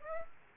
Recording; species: mosquito wingbeat signal from an infrared sensor; Aedes aegypti